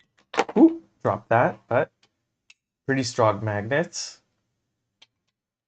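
A magnetically mounted arm piece is reattached to a painted 3D printed resin/plastic figure body after being dropped, while someone talks before and after. It snaps onto the figure with a sharp single click at 2.5 s, held by strong magnets, and is seated.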